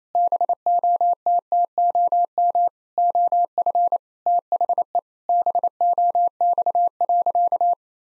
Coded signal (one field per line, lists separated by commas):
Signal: Morse code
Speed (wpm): 27 wpm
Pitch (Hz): 700 Hz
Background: none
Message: BOTTOM OF THE BOX.